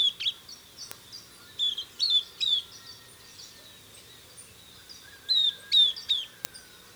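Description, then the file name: Southern beardless tyrannulet giving high, downslurred whistled notes in small groups, a quiet gap in the middle, then another burst. "Camptostoma obsoletum - Southern Beardless Tyrannulet"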